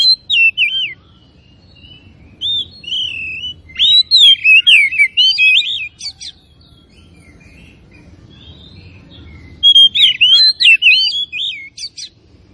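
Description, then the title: Oriental magpie-robin song in a few bursts of varied whistles and rapid sweeping notes separated by pauses, with a low background rumble. Tretes variety of oriental magpie-robin, singing actively (gacor). "Kacer Tretes"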